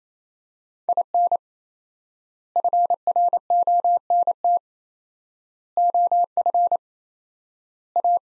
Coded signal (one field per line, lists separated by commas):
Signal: Morse code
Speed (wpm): 28 wpm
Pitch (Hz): 700 Hz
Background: none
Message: IN FRONT OF A